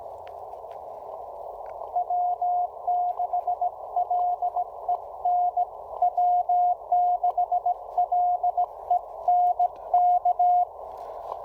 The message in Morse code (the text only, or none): W6LEN W6LEN K